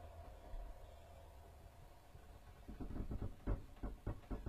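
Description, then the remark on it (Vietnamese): A room door in a rented lodging house is pushed shut with a quick series of knocking thuds and clunks after a couple of seconds of low, steady hum, with no voices. “Cánh cửa phòng được Bảo đóng lại.”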